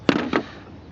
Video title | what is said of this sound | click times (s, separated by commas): water leaking inside 05 mustang | Pop right out. | 0.1 s